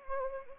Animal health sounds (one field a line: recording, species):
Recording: mosquito wingbeat signal from an infrared sensor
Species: Anopheles arabiensis